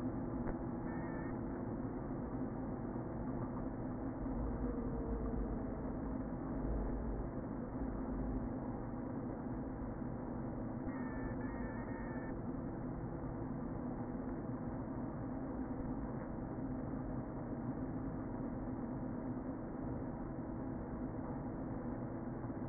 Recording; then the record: honeybee colony, microphone inside the hive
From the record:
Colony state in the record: queen present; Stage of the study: before two queens were removed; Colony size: about 60,000 bees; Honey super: yes